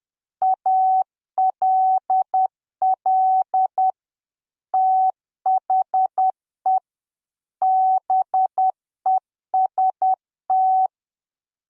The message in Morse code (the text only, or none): ALL THE BEST